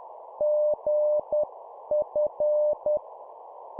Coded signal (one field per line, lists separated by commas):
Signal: Morse code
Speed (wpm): 10 wpm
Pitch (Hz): 600 Hz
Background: none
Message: GF